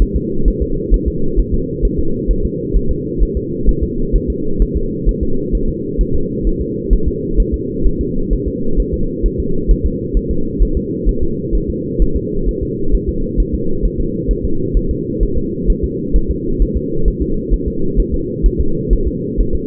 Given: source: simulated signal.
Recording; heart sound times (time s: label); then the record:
fetal heart sounds
0.02 s: S1
0.16 s: S2
0.48 s: S1
0.62 s: S2
0.94 s: S1
1.08 s: S2
1.39 s: S1
1.54 s: S2
1.85 s: S1
1.99 s: S2
2.31 s: S1
2.45 s: S2
2.76 s: S1
2.91 s: S2
3.23 s: S1
3.37 s: S2
3.69 s: S1
3.83 s: S2
4.16 s: S1
4.30 s: S2
4.62 s: S1
4.76 s: S2
5.09 s: S1
5.23 s: S2
5.55 s: S1
5.69 s: S2
6.01 s: S1
6.15 s: S2
6.47 s: S1
6.61 s: S2
6.93 s: S1
7.08 s: S2
7.40 s: S1
7.54 s: S2
7.87 s: S1
8.01 s: S2
8.33 s: S1
8.48 s: S2
8.80 s: S1
8.94 s: S2
9.26 s: S1
9.40 s: S2
9.71 s: S1
9.86 s: S2
10.17 s: S1
10.31 s: S2
10.62 s: S1
10.77 s: S2
11.09 s: S1
11.23 s: S2
11.55 s: S1
11.70 s: S2
12.02 s: S1
12.16 s: S2
12.49 s: S1
12.63 s: S2
12.95 s: S1
13.09 s: S2
13.40 s: S1
13.54 s: S2
13.85 s: S1
14.00 s: S2
14.31 s: S1
14.45 s: S2
14.77 s: S1
14.91 s: S2
15.23 s: S1
15.38 s: S2
15.70 s: S1
15.84 s: S2
16.16 s: S1
16.31 s: S2
16.62 s: S1
16.77 s: S2
17.08 s: S1
17.22 s: S2
17.54 s: S1
17.68 s: S2
18.00 s: S1
18.14 s: S2
18.46 s: S1
18.60 s: S2
18.93 s: S1
19.07 s: S2
19.40 s: S1
19.55 s: S2
From the record:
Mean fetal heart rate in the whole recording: 130 bpm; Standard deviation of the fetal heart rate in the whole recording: 2 bpm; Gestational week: 36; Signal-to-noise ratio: -8.1 dB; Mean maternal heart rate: 72 bpm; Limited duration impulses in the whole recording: absent